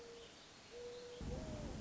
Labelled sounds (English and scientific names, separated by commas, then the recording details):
Mourning Dove (Zenaida macroura)
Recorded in Sonoma County, California